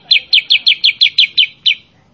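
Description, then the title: Sooty-headed bulbul repeating nine clear, quickly falling chirps in a fast series, the last after a slightly longer gap, then falling quiet. Masteran recording of energetic 'gacor' sooty-headed bulbul chirping, used to train cage birds to respond and imitate. "Masteran Kutilang Sutra. Kutilang Sutra mana YANG GAK NYAUT dan IKUT BUNYI GACOR dengan suara Kutilang Sutra Super GACOR Ini"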